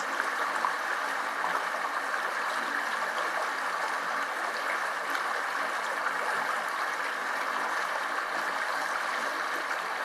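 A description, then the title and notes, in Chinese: A river surges along in a steady, dense rush of water with no pauses or distinct events. The sound is full and hissing, centered in the middle and upper range with little deep rumble, and stays at an even loudness throughout. 江河涌涌。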